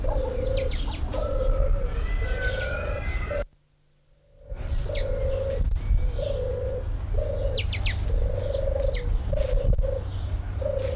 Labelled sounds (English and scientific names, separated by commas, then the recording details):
Himalayan Snowcock (Tetraogallus himalayensis) call
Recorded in captivity
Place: Zoo Dresden, Sachsen, DE
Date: 1993-05-17
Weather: heiter, 22-26 °C
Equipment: Sony WM-D6C, Sennheiser ME 80, Kopie Uher Variocord 263
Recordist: Tembrock, Günter